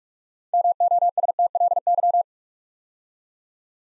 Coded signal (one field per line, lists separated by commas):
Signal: Morse code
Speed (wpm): 45 wpm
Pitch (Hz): 700 Hz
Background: none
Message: MOSTLY